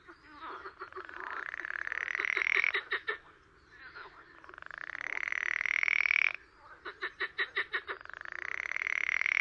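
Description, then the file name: Frog calling in drawn-out rasping pulsed phrases that swell and rise, broken by a few quick separate clicks, over a low steady hum. "grenouille de lessona"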